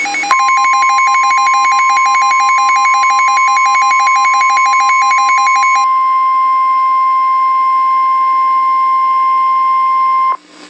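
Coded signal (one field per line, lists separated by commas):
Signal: Emergency Alert System (SAME) tones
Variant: 1050 Hz attention tone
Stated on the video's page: Fictional EAS scenario, simulated alert.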